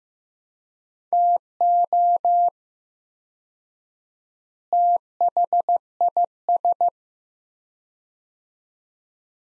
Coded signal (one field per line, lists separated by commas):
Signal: Morse code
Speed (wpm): 15 wpm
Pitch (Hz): 700 Hz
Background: none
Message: TO THIS